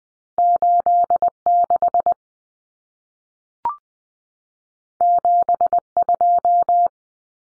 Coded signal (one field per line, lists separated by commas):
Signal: Morse code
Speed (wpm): 20 wpm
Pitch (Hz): 700 Hz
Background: none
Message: 86 72